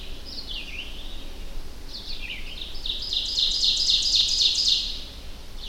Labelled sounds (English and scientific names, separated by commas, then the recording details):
Ovenbird (Seiurus aurocapilla) song
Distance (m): 20 m
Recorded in boreal forest in Alberta, Canada, on 25 June 2016 at 06:10
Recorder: SongMeter 3, array SBT-6-76
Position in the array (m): 26 m, 119 m
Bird 2